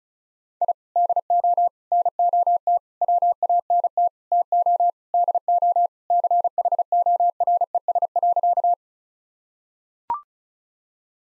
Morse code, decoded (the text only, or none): I DO NOT WANT TO DO CHORES.